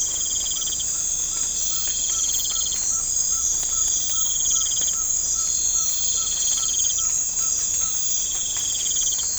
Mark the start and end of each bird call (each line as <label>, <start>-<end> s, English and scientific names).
Ferruginous Pygmy-Owl (Glaucidium brasilianum), 1.64-8.22 s